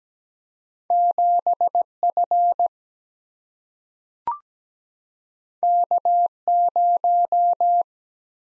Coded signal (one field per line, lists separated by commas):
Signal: Morse code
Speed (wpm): 17 wpm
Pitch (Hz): 700 Hz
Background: none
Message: 7 F K 0